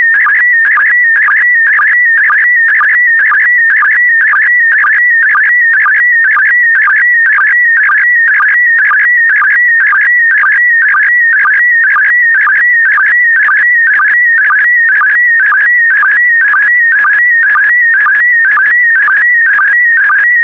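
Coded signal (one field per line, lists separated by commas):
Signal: SSTV (slow-scan television)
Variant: PD120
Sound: steady warbling electronic tone with rhythmic low chirps about twice per second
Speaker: complete you can now check your decoded image against the picture that is shown on the video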